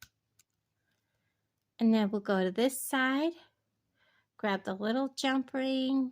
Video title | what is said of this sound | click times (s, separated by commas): DIY NECKLACE LAMPWORK & 18KGP ARTICULATED FLOWER LINKS FROM BARGAIN BEAD BOX | Hear that little click, click. | 0.0 s, 0.4 s